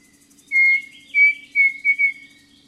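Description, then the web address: Pavonine cuckoo song: four clear whistled notes at a fairly even pitch, coming quickly one after another over a faint insect buzz and a low hum. Eastern lowlands of Ecuador, South America. "Natures Songs S America Eastern Lowlands. Pavonine Cuckoo"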